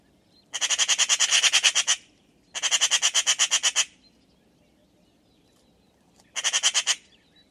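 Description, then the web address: Bird giving harsh, rapid chattering bursts, each a fast string of rasping pulses lasting up to about one and a half seconds, three bursts separated by pauses. "cianscape birddata Deverinetal 2025"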